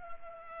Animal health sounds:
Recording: mosquito wingbeat signal from an infrared sensor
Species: Culex pipiens

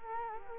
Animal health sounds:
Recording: mosquito wingbeat signal from an infrared sensor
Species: Culex quinquefasciatus

